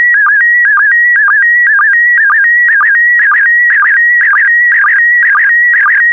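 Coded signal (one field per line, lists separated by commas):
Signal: SSTV (slow-scan television)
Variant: PD120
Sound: warbling tone sweeping up and down with rhythmic low chirps about twice a second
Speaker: The next image transmission will start in 10 seconds.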